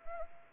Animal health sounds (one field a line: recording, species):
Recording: mosquito wingbeat signal from an infrared sensor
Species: Anopheles arabiensis